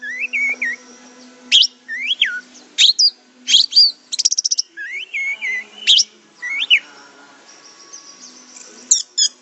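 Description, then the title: Orange-headed thrush song of varied whistled phrases, some dropping and rising, others short sharp notes and a brief rattle, with a low steady hum behind. "Anis Merah"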